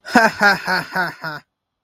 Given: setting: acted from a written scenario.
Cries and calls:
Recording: vocal sound without words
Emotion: amusement

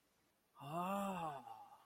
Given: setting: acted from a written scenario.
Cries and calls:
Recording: vocal sound without words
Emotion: awe

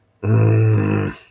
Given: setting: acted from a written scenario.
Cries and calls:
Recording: vocal sound without words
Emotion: anger

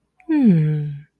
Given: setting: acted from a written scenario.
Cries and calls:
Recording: vocal sound without words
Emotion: contentment

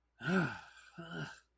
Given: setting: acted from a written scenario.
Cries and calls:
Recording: vocal sound without words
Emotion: disgust

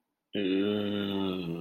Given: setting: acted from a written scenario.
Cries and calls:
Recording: vocal sound without words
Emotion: embarrassment

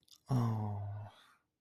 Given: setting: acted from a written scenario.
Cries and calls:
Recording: vocal sound without words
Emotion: sympathy

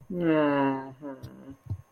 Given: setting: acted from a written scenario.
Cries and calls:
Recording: vocal sound without words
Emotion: guilt

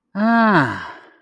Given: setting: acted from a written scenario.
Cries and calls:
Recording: vocal sound without words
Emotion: realization

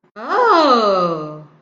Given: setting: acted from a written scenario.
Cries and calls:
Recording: vocal sound without words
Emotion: negative surprise

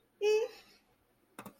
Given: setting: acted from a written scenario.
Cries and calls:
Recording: vocal sound without words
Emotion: adoration

